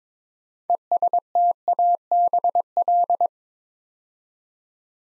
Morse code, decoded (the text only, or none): ESTABL